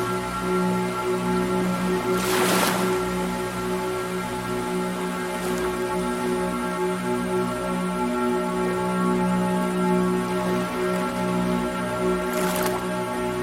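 Ambient music holds steady, sustained tones in low and middle registers, with a soft hiss of ocean waves underneath. Bright washes of surf swell up around 2–3 seconds and again near 12 seconds, with a fainter one near 5.5 seconds.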